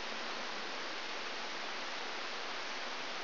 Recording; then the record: brain microelectrode recording played as sound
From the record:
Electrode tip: outside the subthalamic nucleus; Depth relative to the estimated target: -3 mm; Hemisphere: left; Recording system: AlphaMap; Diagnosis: Parkinson's disease